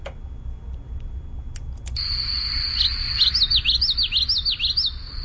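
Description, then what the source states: Common yellowthroat song: a steady high tone, then repeated wavy, rolling phrases sweeping up and down, over a low background hum. Played on a radio show; a widespread warbler that hides in deep grasses and reeds; its loud song is rendered as witchity, witchity, witchity.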